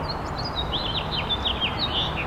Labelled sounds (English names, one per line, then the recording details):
House Finch song
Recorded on Long Island, New York, on 8 April 2011
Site BN
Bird B